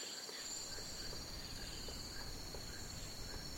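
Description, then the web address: Crickets trill steadily at high pitch over a low rumbling background, with soft chirps repeating irregularly. Crickets in a jungle. "the sound pack tree. jungle crickets"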